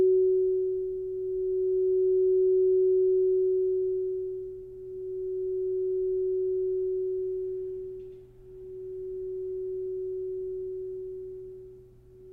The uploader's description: crystal singing bowl